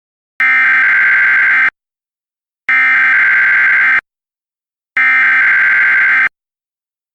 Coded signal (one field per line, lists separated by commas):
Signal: Emergency Alert System (SAME) tones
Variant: header bursts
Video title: EAS Scenario - 9/11